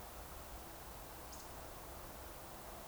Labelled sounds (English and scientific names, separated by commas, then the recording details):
Eurasian Woodcock (Scolopax rusticola) whistle
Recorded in Baden-Württemberg, Germany, on 29 June 2020 at 02:34 UTC
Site 43791, 788 m above sea level